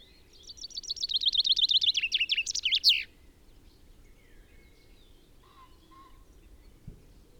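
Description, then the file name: Common chaffinch song: a run of bright, descending repeated notes for nearly three seconds, closing in a quick flourish, then quiet with a few faint low notes and a soft thump. "Fringilla coelebs"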